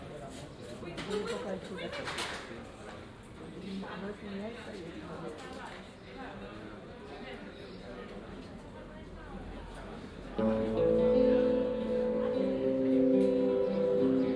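Chatter fills a town plaza for ten seconds, then a busker's instrument enters loudly, playing steady sustained notes over the background voices.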